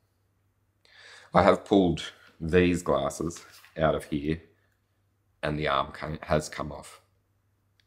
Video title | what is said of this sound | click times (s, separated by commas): Product review: matching Oakley sunglasses – Sutro and Portal – to Kask helmets, an overview | but um neither here nor there because it just clicks back into place but | 7.8 s